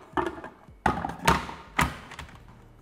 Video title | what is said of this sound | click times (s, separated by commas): Mutfak Aletlerinizden En Yüksek Verimi Alın! İşte 5 Enfes Tarifle Bu Ayın Ürünü: Multi Blender Set | Nous l'avons bien verrouillé. | 0.9 s